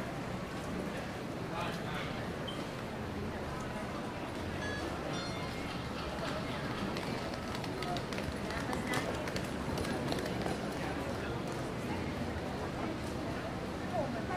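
Walking down 5th Avenue in Playa Del Carmen: a steady, dense wash of crowd chatter fills the whole stretch, with many voices overlapping. Footsteps and short clicks and knocks pop up throughout, a little busier after the eight-second mark.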